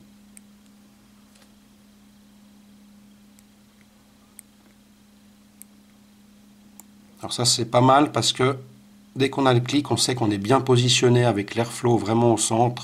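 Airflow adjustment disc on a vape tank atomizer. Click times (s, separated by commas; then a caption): 0.4 s, 3.4 s, 4.4 s, 5.6 s, 6.8 s. The metal airflow disc on a VapeWare Mods Imperia RTA rebuildable vape tank atomizer is turned from one hole position to the next, and it clicks into each position with small, sharp detent clicks at 0.4, 3.4, 4.4, 5.6 and 6.8 s over a low steady hum. After that, someone talks.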